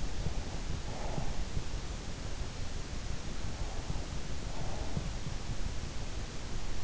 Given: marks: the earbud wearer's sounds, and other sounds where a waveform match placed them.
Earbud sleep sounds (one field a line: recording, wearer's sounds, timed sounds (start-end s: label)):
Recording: sounds in sleep by an in-ear microphone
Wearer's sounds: breath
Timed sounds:
0.00-1.74 s: breath
4.15-5.79 s: breath